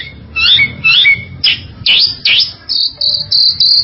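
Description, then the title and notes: Bali myna song: a few clear whistled notes and descending slurs, then harsh buzzy bursts and a run of high, flat whistles near the end. "Jalak Bali. Kicau Burung Jalak"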